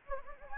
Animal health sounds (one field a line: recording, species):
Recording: mosquito wingbeat signal from an infrared sensor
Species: Anopheles gambiae